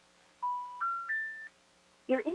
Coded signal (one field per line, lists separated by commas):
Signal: telephone call progress tone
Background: speech, music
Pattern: special information tone